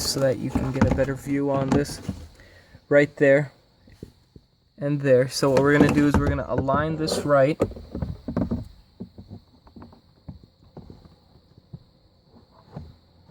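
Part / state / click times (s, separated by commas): glovebox side mount into dashboard / not seated / none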